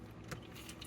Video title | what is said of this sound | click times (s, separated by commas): Chuck's Reviews Transformers Legacy Motormaster | the arms will snap into place and it is | 0.3 s, 0.8 s